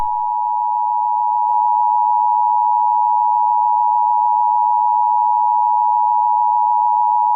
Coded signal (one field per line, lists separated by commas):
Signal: Emergency Alert System (SAME) tones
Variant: 853 and 960 Hz attention tone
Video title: Eas scenario: Part 2 the E6-27 Virus becomes state wide